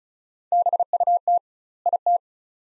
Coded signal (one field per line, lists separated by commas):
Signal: Morse code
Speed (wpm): 36 wpm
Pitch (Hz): 700 Hz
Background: none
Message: BUT IT